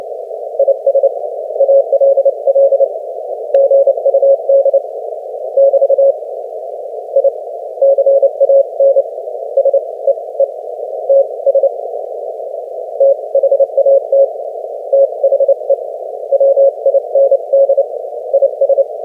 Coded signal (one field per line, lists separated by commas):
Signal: Morse code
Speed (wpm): 27 wpm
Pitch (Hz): 550 Hz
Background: none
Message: IS ALL GUD <BT> I CAN SEE TS THAT THE WIND IS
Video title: 30 wpm QSO w/ W4YES 3-20-2025 #cw #morsecode #morse #potababe #qrq #hamradio #qrp #qso #skcc #licw